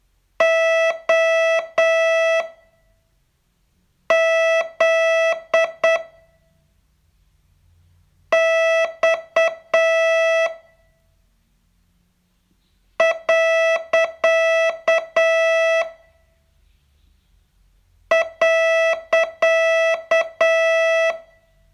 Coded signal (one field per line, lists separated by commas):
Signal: Morse code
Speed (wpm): 8 wpm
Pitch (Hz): 660 Hz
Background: none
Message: O Z X . .